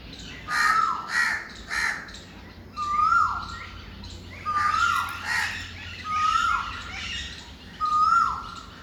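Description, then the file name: Bird song: a clear whistled note that slides downward, repeated about every two seconds, mixed with harsher, scratchy chirping calls. "Birds Avi"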